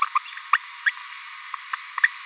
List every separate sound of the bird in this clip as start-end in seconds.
0.01-0.05, 0.53-0.58, 0.86-0.91, 2.03-2.08